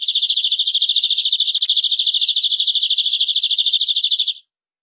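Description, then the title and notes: Canary song as one long, rapid, high-pitched rolling trill of about four seconds, very even in rhythm, ending abruptly with no other sounds. "BM Suara Kenari. BM Suara Burung Kenari"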